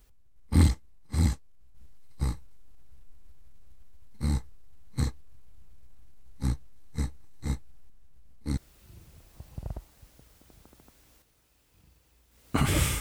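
A pet, called 'la bestia' (the beast), snoring: short, low-pitched snorts recurring at irregular intervals.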